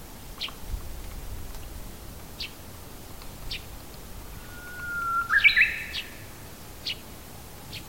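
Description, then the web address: Japanese bush warbler singing a single phrase late, a held whistle breaking into a fast, twisting flourish, with several short high ticks scattered throughout. Recorded 23 March 2019. "shonin uguisu"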